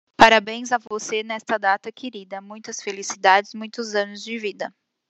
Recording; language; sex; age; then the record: short text; Brazilian Portuguese; female; 20 to 29 years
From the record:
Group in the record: control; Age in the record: 26 years